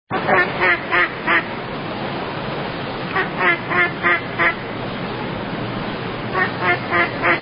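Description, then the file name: Bird calling with harsh, quacking notes delivered in three bursts of four or five calls each, with pauses between the bursts. "uccelli birds"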